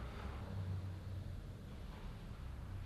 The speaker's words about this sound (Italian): Però è bello che la parola, così come è stata ordinata in un testo poetico, si confronti anche col rumore del mondo, per esempio con questa macchina che si sta mettendo in moto.